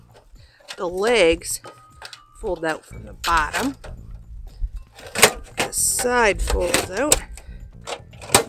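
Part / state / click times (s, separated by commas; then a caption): folding titanium side panel into collapsible tent stove body / seated / 8.4 s. Someone talks while folding out the titanium side panel of a collapsible tent stove until it locks against the stove body. A sharp metallic click at 8.4 s marks the panel seating firmly in place.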